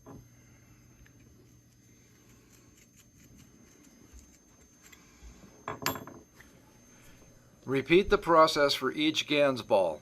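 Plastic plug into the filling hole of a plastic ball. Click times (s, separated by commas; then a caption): 5.9 s. A small plastic plug is pressed into the drilled 5 mm hole of a 20 mm polypropylene ball filled with paste. After a few faint ticks, a sharp snap at 5.9 s marks the plug seating in the hole. Someone then talks.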